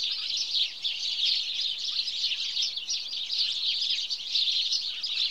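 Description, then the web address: House sparrow: continuous twittering of many house sparrows, short sharp chirps piling on one another in a steady, lively chorus. "BBC Sound Effects Library. House Sparrow (Passer Domesticus)"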